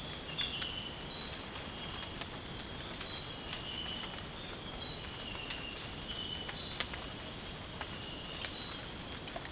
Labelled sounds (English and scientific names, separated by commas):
none